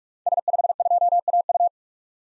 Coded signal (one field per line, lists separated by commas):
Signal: Morse code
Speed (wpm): 47 wpm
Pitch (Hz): 700 Hz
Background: none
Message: S52AU